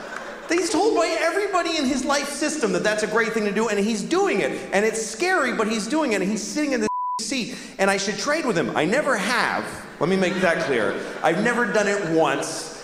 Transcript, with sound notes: He's told by everybody in his life system that that's a great thing to do, and he's doing it. And it's scary, but he's doing it, and he's sitting in the (beep) seat, and I should trade with him.
I never have, let me make that clear. I've never done it once.